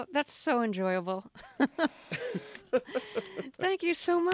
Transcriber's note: laughter